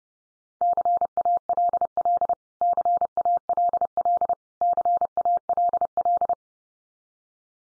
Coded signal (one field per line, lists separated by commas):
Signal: Morse code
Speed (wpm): 30 wpm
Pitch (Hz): 700 Hz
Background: none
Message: CALL CALL CALL